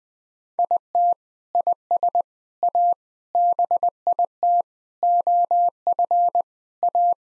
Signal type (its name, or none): Morse code